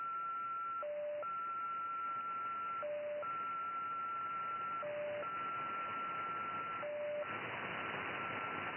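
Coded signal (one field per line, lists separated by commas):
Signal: numbers station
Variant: XPA, MFSK 10 baud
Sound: steady high tone alternating with brief lower tone, four cycles, then louder hiss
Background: radio static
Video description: XPA 873 1, 9. 1. 2014 19:20, 6791 kHz / MFSK 10 baud. Message for ID 873 and quite a long one. SVR Russian Foreign Intelligence Numbers Station.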